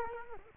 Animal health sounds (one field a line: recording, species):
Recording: mosquito wingbeat signal from an infrared sensor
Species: Culex quinquefasciatus